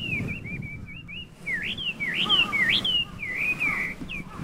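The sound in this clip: Chinese hwamei song: a short run of level whistles, then bold swooping notes that rise and fall sharply, fast and musical.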